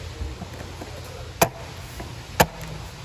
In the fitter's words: Once you're done, if you press it into place, you'll hear it click.